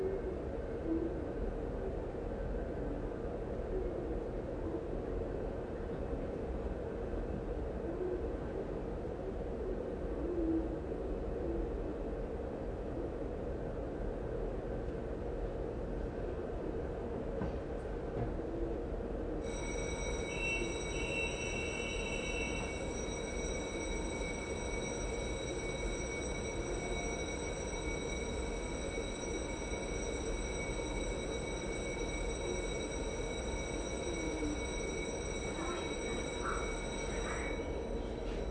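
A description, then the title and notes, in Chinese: A railway station at the main city stop, filled with a steady, dense low rumble from a train. About halfway through, a set of thin, high, steady whining tones sets in and holds to the end, with a brief brighter tone shortly after. 台鐵北車（台北車站站）。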